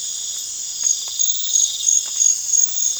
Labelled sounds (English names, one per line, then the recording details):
none
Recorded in pastures near Puerto Asís, Putumayo, Colombia, on 25 June 2025 at 03:00
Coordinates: 0.502, -76.324
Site G010